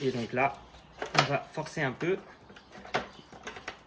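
A plastic trim cover piece is being fitted onto the fixation points of an AutoFull G7 gaming chair, with its bottom hooked on first and then pushed in with a little force. Someone talks while faint handling sounds occur, including brief knocks around 2.6 s and 3.7 s. Nothing has seated or clicked yet; the piece is not yet home when the clip ends.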